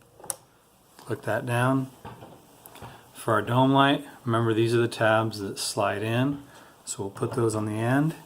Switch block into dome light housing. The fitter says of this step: it down and they just click right in place again click